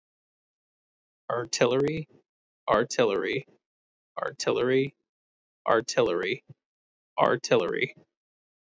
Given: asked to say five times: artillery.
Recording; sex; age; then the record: repeated word; male; 30 to 39 years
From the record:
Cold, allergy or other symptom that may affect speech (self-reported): no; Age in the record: 33 years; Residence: Massachusetts, United States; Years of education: 17